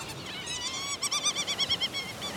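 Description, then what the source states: Providence petrel calls: a series of harmonic notes that break into rapid pulsed notes. Petrels coming in to land on Lord Howe Island, Australia; likened to meeting up with friends after a long trip.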